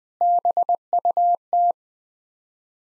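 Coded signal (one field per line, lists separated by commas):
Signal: Morse code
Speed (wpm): 20 wpm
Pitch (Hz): 700 Hz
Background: none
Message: BUT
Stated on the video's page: Head-copy practice: sets of six-word n-grams sent in Morse at 20 wpm.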